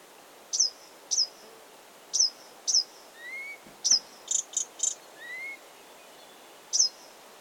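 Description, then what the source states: Blyth's reed warbler song: spaced sharp high notes, with soft rising whistles and a quick buzzy triplet. Recorded 16 June 2022.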